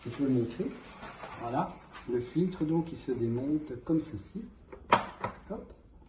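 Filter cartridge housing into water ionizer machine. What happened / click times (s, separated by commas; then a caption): Handled, not yet home: the filter housing is worked loose; no seating yet / none. Someone talks while the filter cartridge housing of a water ionizer machine is taken out and handled, with short sharp taps near 4.7, 4.9 and 5.2 seconds, the middle one loudest. The housing has not yet clipped back into the machine, and nothing has seated or clicked by the end.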